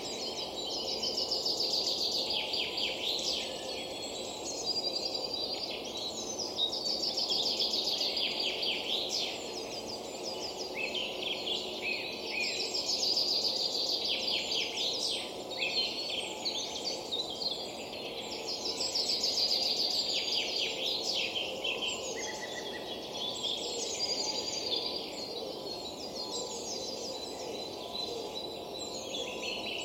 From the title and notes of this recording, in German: Mit besonderen Mikrofonen haben wir Nachtklänge, Morgenstimmung und Frühlingserwachen in einem Wald hinter Regensburg eingefangen.